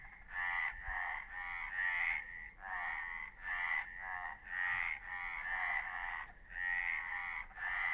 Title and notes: "Le rane che ridono", racconti di strada del 17 marzo 2015, tra mezzanotte e l'una sulle alture di Carbuta.